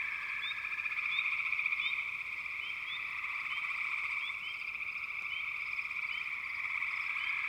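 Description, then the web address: Dense frog chorus: a constant pulsing trill overlaid by many short rising chirps. Wild frog chorus from American wilderness. "The Natural Sounds of the Wilderness 10 CDs collection Echoes of Nature - American Wilds 04 Frog Chourus"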